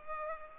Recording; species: mosquito wingbeat signal from an infrared sensor; Culex pipiens